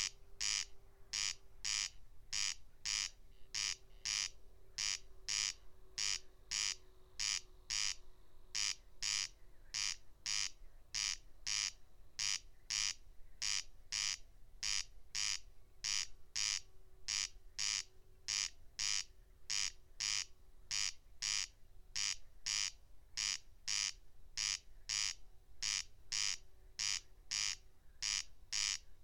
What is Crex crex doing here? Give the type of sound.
song